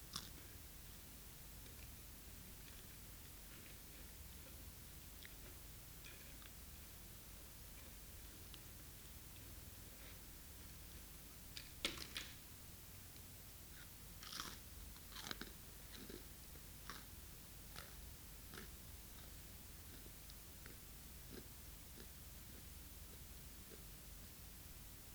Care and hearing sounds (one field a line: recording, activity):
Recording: daily activity, guitar pickup as the sensor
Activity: eat